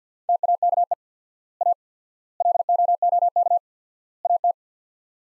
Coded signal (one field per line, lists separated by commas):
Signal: Morse code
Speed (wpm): 49 wpm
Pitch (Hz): 700 Hz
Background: none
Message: TAKE A LOOK AT